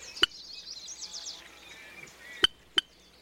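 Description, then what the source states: Sora chick begging with a run of thin, high squeaky notes that slur downward, mixed with a few sharp clicks. Chick hidden among reeds in a marsh.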